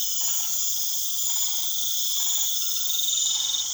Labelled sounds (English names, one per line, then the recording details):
none
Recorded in pastures near Puerto Asís, Putumayo, Colombia, on 4 March 2025 at 20:30
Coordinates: 0.487, -76.322
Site G077